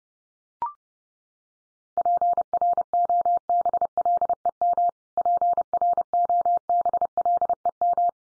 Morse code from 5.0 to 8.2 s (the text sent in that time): PROBLEM